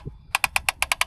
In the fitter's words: And you can hear it clicking.